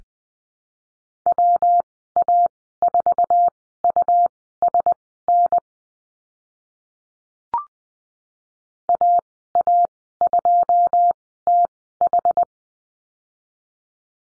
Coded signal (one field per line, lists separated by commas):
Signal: Morse code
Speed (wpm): 20 wpm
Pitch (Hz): 700 Hz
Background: none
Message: WA4USN AA2TH